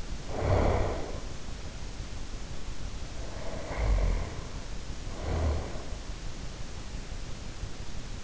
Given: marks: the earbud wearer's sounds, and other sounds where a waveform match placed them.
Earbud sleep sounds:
sounds in sleep by an in-ear microphone; snoring breath
0.22-1.23 s: snoring breath
2.95-5.94 s: snoring breath

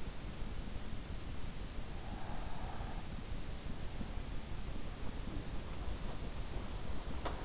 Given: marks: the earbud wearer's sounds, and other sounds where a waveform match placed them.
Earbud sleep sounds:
sounds in sleep by an in-ear microphone; breath
1.58-3.35 s: breath

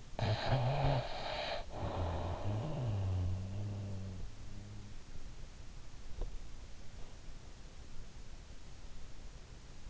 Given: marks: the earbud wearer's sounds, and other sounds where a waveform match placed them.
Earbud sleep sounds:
sounds in sleep by an in-ear microphone; snoring breath
0.00-5.28 s: snoring breath

